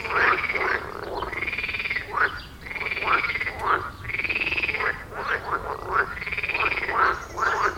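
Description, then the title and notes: Frog chorus, loud rolling croaks repeating, interleaved with short clicking calls. Frog chorus at the village pond in Wohlsborn, Germany; recorded with a TASCAM DR-40X. "Wohlsborn, Deutschland - Froschkonzert. Frog concert. Froschkonzert am Dorfteich in Wohlsborn"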